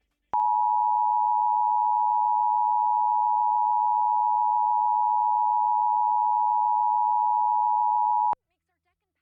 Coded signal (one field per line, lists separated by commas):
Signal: Emergency Alert System (SAME) tones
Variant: 853 and 960 Hz attention tone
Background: speech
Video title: (FAIL) EAS Severe Thunderstorm Warning on TBD. (WUPA 69)